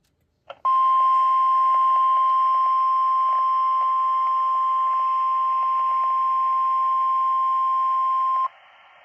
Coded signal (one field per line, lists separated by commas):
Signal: Emergency Alert System (SAME) tones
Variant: 1050 Hz attention tone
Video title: EAS Alerts From 5/11-5/12/25: A Compilation (EAS 642-649)